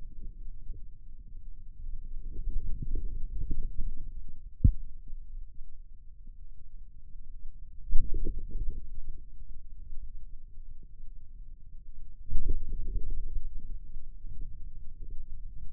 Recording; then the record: forearm muscle sounds (acoustic myography)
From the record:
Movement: outward rotation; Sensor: system 2, bracelet of six BSWA MPA416 microphones around the upper forearm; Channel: 2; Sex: male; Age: 22 years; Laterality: right